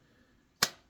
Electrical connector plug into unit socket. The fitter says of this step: so there just clicking you can hear that's a good solid click as they go in